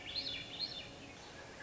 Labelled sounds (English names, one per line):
Swainson's Thrush